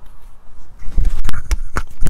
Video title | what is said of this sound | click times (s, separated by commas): How to: Ford Model A motor (engine)- Pistons and Rods: Assemble and Install | Did you hear the click? That's the sound that we need. And we know we're at torque. | 1.8 s